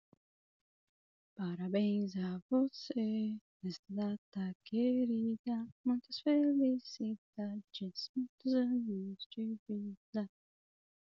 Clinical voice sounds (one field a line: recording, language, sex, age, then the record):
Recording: short text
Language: Brazilian Portuguese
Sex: female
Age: 20 to 29 years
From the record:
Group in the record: control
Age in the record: 25 years